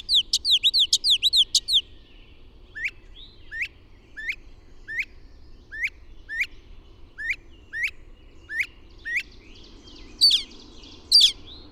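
Bird song opening with a fast string of high notes, then thin single notes repeated at a steady pace, and two louder notes near the end.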